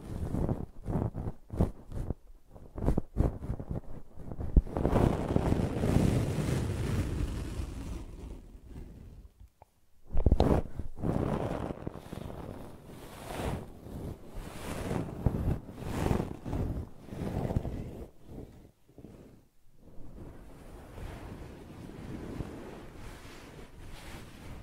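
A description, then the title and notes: Dry brushing and scratching sounds. Quick scratchy taps open the clip, giving way to longer, denser rubbing strokes with a soft, rushing hiss. Near the ten-second mark everything stops briefly, then returns louder and keeps an uneven, swishing rhythm. ASMR Brushing and Scratching You to Sleep (No Talking).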